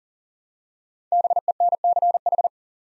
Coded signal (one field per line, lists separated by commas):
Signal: Morse code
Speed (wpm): 40 wpm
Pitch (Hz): 700 Hz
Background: none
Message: BENCH